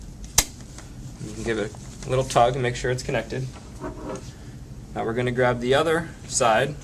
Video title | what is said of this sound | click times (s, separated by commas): Graco Love and Hug Swing - How To Asssemble - BabySecurity | and again listen for the click | 0.4 s